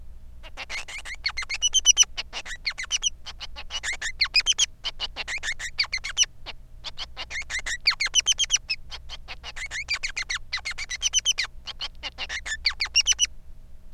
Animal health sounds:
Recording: song of a male Bengalese finch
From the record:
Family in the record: son of father 3

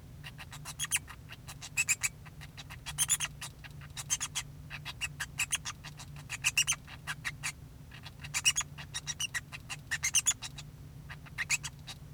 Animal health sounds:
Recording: song of a male Bengalese finch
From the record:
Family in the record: son of father 2

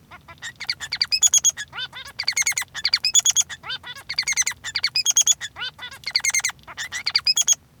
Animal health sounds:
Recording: song of a male Bengalese finch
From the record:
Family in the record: son of father 3

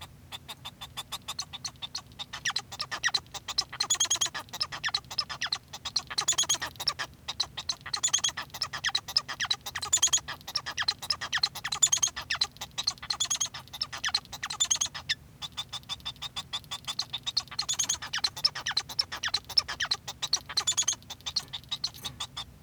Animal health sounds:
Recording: song of a male Bengalese finch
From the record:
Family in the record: son of father 1

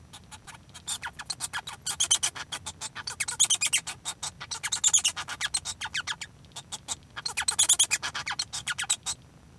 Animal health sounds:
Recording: song of a male Bengalese finch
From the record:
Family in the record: son of father 1

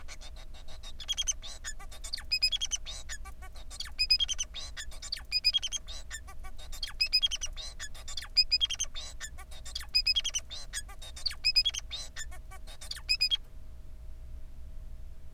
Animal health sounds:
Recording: song of a male Bengalese finch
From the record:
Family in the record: son of father 4

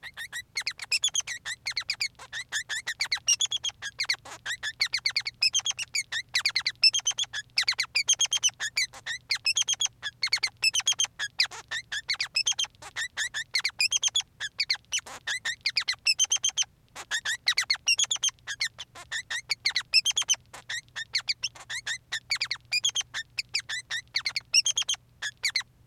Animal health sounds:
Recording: song of a male Bengalese finch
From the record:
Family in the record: son of father 3

